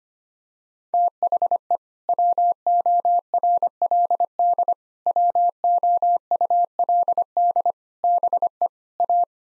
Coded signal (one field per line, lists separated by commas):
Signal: Morse code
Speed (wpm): 25 wpm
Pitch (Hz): 700 Hz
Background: none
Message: THE WORLD WOULD BE A